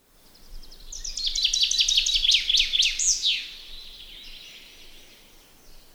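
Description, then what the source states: Common chaffinch song: a fast run of bright, repeated chipping notes ending in a sharp flourish, with faint later notes trailing off. A common bird of Estonia.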